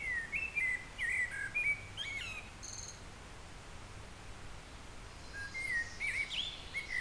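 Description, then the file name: Eurasian blackbird song: a rich warbled phrase with a scratchy high flourish, a quiet pause, then another mellow phrase ending in squeaky notes. "Turdus merula"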